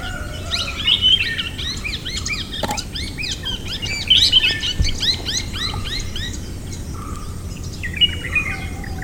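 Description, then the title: Plum-headed parakeet calls: many short, high, shrill chirps in quick bursts, with a few sharp clicks and a faint low background rumble. "vogel der woche. Pflaumenkopfsittich"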